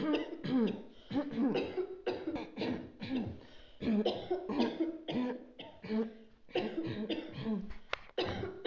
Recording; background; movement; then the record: throat clearing; a bystander coughing; sitting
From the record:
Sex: female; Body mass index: 21.8 kg/m2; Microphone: on the chest, facing outward